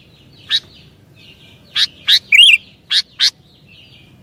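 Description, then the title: Sooty-headed bulbul giving short, sharp chirps in a loose series, with one bubbly warbled phrase in the middle and faint twittering behind. "kutilang"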